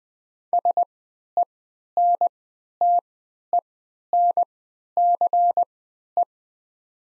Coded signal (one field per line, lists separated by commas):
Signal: Morse code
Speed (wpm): 20 wpm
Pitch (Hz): 700 Hz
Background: none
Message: SENTENCE